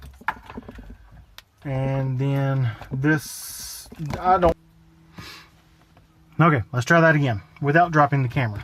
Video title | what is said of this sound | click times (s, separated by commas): How To Remove Factory Radio from 2014-2021 Toyota Tundra | click and undo | 0.3 s